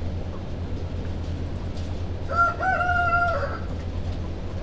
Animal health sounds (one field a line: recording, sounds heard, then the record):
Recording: poultry house recording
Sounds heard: healthy chickens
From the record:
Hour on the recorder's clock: 1